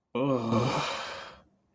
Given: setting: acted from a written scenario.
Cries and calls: vocal sound without words; disgust

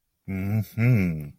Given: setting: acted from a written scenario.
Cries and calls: vocal sound without words; pride

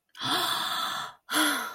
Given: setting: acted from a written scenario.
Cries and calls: vocal sound without words; awe

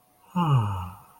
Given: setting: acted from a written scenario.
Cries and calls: vocal sound without words; serenity

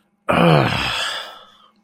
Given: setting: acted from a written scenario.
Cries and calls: vocal sound without words; pain

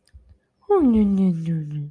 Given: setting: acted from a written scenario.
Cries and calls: vocal sound without words; adoration

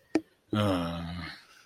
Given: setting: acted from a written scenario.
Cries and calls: vocal sound without words; sympathy

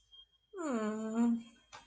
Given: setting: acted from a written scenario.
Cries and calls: vocal sound without words; guilt

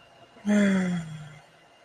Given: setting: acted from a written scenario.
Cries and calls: vocal sound without words; serenity

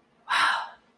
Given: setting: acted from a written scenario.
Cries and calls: vocal sound without words; awe

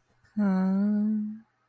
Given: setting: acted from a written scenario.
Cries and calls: vocal sound without words; serenity

